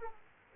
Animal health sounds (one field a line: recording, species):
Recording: mosquito wingbeat signal from an infrared sensor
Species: Aedes aegypti